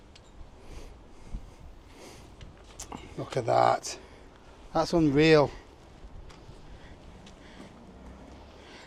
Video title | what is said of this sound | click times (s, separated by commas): Tiny Bike...Big Decision (Brompton First Ride) | then that will click into place then you do that one up | 2.8 s